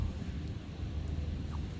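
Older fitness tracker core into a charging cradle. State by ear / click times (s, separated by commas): not seated / none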